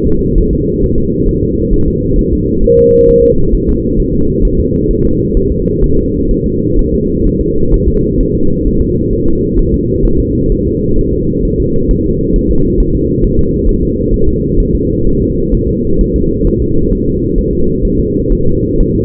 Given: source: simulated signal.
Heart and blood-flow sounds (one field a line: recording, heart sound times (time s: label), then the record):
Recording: fetal heart sounds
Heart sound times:
0.07 s: S2
0.38 s: S1
0.53 s: S2
0.83 s: S1
0.98 s: S2
1.29 s: S1
1.43 s: S2
1.74 s: S1
1.88 s: S2
2.19 s: S1
2.33 s: S2
2.64 s: S1
2.79 s: S2
3.09 s: S1
3.24 s: S2
3.55 s: S1
3.69 s: S2
4.00 s: S1
4.14 s: S2
4.45 s: S1
4.60 s: S2
4.91 s: S1
5.05 s: S2
5.37 s: S1
5.52 s: S2
5.84 s: S1
5.99 s: S2
6.31 s: S1
6.46 s: S2
6.79 s: S1
6.94 s: S2
7.27 s: S1
7.41 s: S2
7.74 s: S1
7.89 s: S2
8.21 s: S1
8.35 s: S2
8.67 s: S1
8.82 s: S2
9.13 s: S1
9.28 s: S2
9.59 s: S1
9.74 s: S2
10.05 s: S1
10.20 s: S2
10.52 s: S1
10.67 s: S2
10.99 s: S1
11.13 s: S2
11.45 s: S1
11.60 s: S2
11.91 s: S1
12.06 s: S2
12.36 s: S1
12.51 s: S2
12.80 s: S1
12.95 s: S2
13.24 s: S1
13.39 s: S2
13.69 s: S1
13.83 s: S2
14.14 s: S1
14.29 s: S2
14.60 s: S1
14.75 s: S2
15.07 s: S1
15.22 s: S2
15.54 s: S1
15.69 s: S2
16.01 s: S1
16.16 s: S2
16.47 s: S1
16.62 s: S2
16.93 s: S1
17.07 s: S2
17.38 s: S1
17.53 s: S2
17.85 s: S1
18.00 s: S2
18.32 s: S1
18.47 s: S2
18.81 s: S1
18.95 s: S2
From the record:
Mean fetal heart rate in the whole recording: 130 bpm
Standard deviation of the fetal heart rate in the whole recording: 4 bpm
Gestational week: 38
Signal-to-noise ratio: -16.4 dB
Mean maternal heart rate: 72 bpm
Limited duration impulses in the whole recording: present